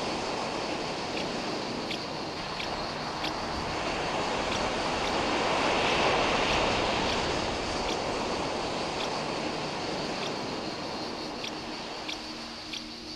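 A dense, steady wash of waves fills the clip, swelling to a peak around the middle and easing off toward the end. Short, bright bird chirps flick in the background about once a second, and a faint low hum comes in near the close.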